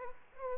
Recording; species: mosquito wingbeat signal from an infrared sensor; Aedes aegypti